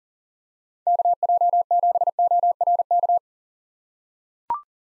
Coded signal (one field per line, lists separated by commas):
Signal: Morse code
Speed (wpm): 37 wpm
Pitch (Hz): 700 Hz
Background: none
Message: KJ7ORK